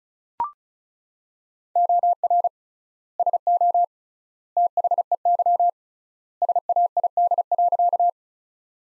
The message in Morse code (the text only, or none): OR SO THEY SAID.